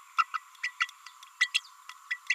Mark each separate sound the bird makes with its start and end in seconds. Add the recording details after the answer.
0.18-0.26, 0.34-0.40, 0.63-0.71, 0.80-0.89, 1.40-1.49, 1.54-1.60, 2.10-2.18. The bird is a female. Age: 30 days. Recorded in a nest box in Venezuela. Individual 17B32A5